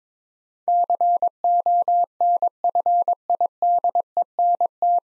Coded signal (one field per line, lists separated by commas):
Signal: Morse code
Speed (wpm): 22 wpm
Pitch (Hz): 700 Hz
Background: none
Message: CONFIDENT